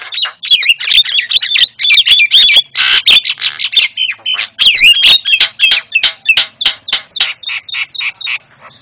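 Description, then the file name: Javan myna song: a continuous stream of loud varied notes, including squeaky whistles, harsh squawks and rasping chatter, delivered rapidly and unevenly. Masteran for training cage birds; white-eyed form (mata putih). "masteran jalak kebo mata putih"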